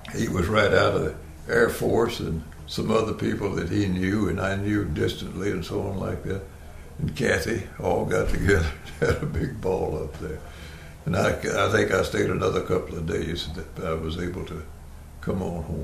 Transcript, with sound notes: He was right out of the air force and some other people that he knew and I knew distantly, and so on like that, and Kathy, all [Chuckling] got together and had a big ball up there. And I k…I think I stayed another couple of days d…I was able to come on home.